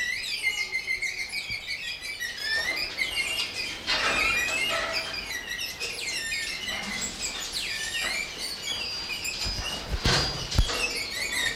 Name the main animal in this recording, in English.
Cottontop Tamarin